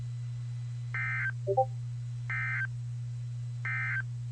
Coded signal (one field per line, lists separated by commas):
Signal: Emergency Alert System (SAME) tones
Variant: end-of-message bursts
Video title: VALID TONES!! MISSED BEGINNING!! Severe Thunderstorm Warning for RI, MA, and CT. 7/12/22.